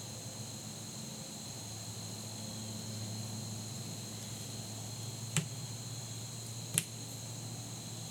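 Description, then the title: Insect drone hums steadily on two high pitches while a low hum runs beneath; two crisp acorn knocks land near the end. Fall day that felt like late summer, insects droning, with acorns falling across the neighborhood. "Soundcast: Insects and Acorns"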